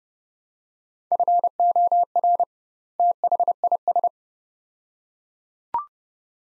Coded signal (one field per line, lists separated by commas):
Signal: Morse code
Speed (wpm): 30 wpm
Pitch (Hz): 700 Hz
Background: none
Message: FOR THIS